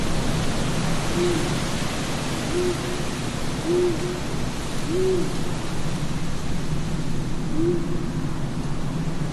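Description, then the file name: Owl hooting, five brief notes, some slightly arched in pitch, irregularly spaced across constant roaring wind. Several owls at night in a graveyard with wind. "zapsplat horror graveyard ambience night wind owls"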